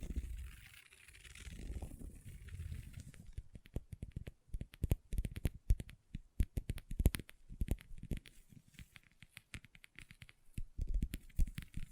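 Long fingernails work against a tabletop, opening with a low, rumbling stretch of scratching for about three seconds. Then come quick, sharp taps in irregular bursts, clicking much like typing. Some clusters are dense and rapid, with brief pauses between them.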